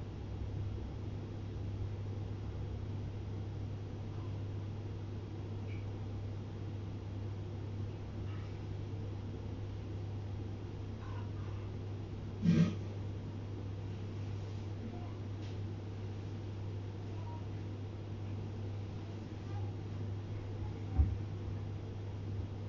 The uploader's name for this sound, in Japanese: 生活音